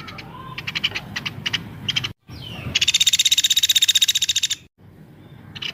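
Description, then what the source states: Streaked spiderhunter song: a run of short chirps, then a quick harsh rattling trill of evenly spaced notes for nearly two seconds. Song described as vigorous, clear and long; recording used as a tutor track for training cage birds.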